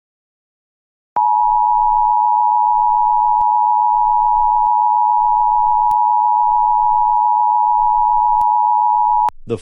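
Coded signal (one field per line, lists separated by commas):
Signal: Emergency Alert System (SAME) tones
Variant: 853 and 960 Hz attention tone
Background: speech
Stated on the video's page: Fictional EAS scenario, simulated rather than a real alert.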